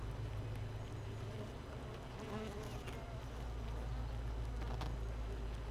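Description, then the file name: Honey bee hive hum, a steady low droning buzz with layered deep tones that holds at an even level throughout, with faint higher crackles now and then. Hive 1, colony without a queen, recorded 31 May 2018 at 15:30. "Hive 1 31 05 2018 NO Queen Bee H 1 audio 15 30 00"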